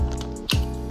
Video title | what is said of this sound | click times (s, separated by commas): 2000 Subscriber special (Thank you for 2k subscribers) | And there we are, it just clicks all into place. | 0.5 s